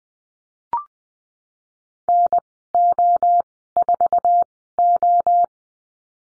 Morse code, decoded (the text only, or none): NO4O